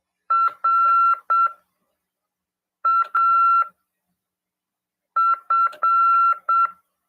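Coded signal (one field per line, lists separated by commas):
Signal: Morse code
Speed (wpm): 7 wpm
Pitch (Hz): 1360 Hz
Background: none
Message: RAF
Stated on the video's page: CW lesson in an amateur radio class broadcast on FM 146.410 MHz.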